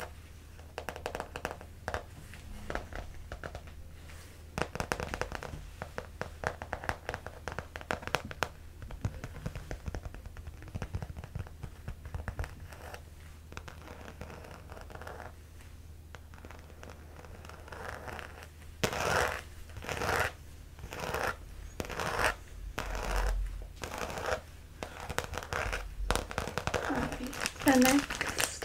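Fabric scratching and rubbing in uneven bursts, with short rough strokes scattered through the first half. After about 19 seconds the strokes grow louder, denser and brighter, with sharp crinkly scrapes near the end. A steady low hum runs underneath throughout.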